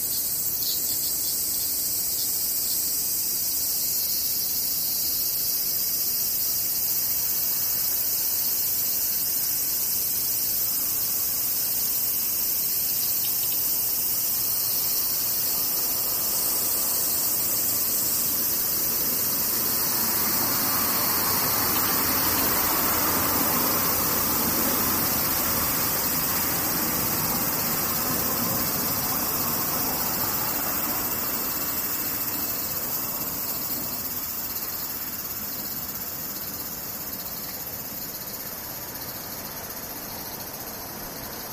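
Cicadas buzz steadily in a bright, dense drone, while a vehicle-like rush swells midway around 20–30 seconds and then fades.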